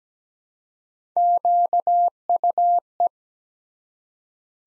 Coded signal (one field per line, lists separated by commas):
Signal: Morse code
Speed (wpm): 17 wpm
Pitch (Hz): 700 Hz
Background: none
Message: QUE